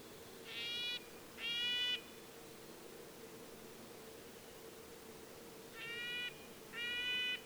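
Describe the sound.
Red-breasted nuthatch giving nasal toots in pairs: two notes, a long pause, then two more.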